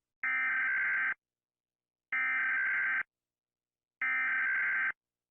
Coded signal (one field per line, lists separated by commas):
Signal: Emergency Alert System (SAME) tones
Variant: header bursts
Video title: rating eas alarm part 1